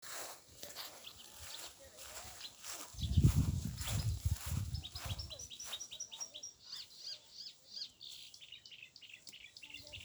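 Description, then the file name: Marsh warbler singing a fast, varied run of high chattering and twittering notes, with low rumbling thumps early on. "myrsanger"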